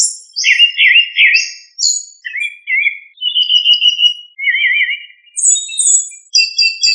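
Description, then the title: Thrush singing varied whistled phrases, including wavering trilled notes and high slurred whistles, delivered in short successive bursts. "Familia Turdidae - Sabia"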